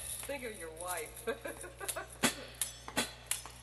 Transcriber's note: soundbite of laughter